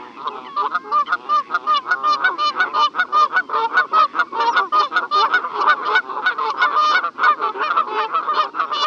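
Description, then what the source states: Canada Goose: canada Geese honking in a loud, dense chorus, many overlapping nasal honks tumbling over one another without a break. Several geese.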